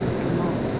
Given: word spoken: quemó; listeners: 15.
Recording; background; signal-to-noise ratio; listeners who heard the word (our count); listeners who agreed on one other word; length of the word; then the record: one Spanish word in noise, from a listening test; speech-shaped noise; -4.1 dB; 0 of 15; 7 of 15; 0.40 s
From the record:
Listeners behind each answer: 7, 2, 2, 1, 1, 1, 1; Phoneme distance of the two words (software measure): 24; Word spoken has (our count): 2 syllables, 4 phonemes, stress on syllable 2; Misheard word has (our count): 2 syllables, 4 phonemes, stress on syllable 2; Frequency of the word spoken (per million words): 2.70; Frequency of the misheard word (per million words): 207.72